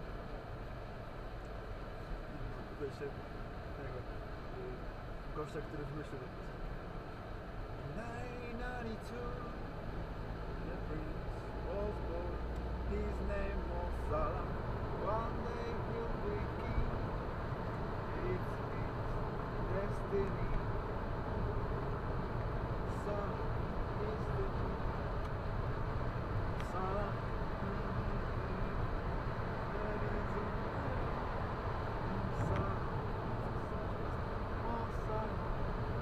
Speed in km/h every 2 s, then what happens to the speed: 69, 69, 70, 70, 74, 80, 87, 93, 98, 100, 103, 107, 109, 109, 109, 109, 109, 109.
0-9 steady at about 70. 9-23 speeds up to 109. 23-36 steady at about 109.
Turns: none.